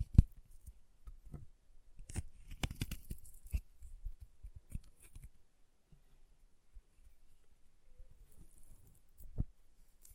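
Chalk being carved and cut with short scraping and snapping strokes. A sharp knock opens the clip, a dense flurry of gritty scrapes follows from about two to five seconds, then quieter sparse taps, with another firm knock near nine seconds.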